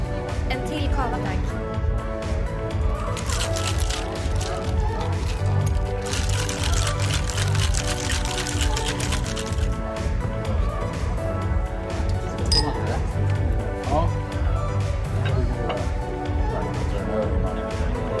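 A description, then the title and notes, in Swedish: Murmuring bar noise: a steady, dense wash of overlapping voices, with scattered clinks of glasses and a low hum beneath throughout. Baren. En timme sorlande barljud.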